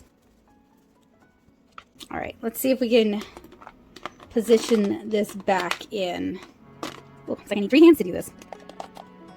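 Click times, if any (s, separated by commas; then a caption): 8.8 s. Someone talks while fiddling with a removable plastic insert, trying to refit it into a watercolor travel palette case. Light handling clicks are heard around 3.6–4.1 s, then the insert clicks into place at 8.8 s and is seated.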